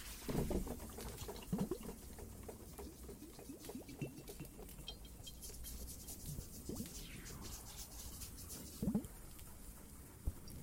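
Water drips and trickles in a cave with faint crackles, irregular sharp ticks scattered throughout, and louder drip clusters near the start and around nine seconds.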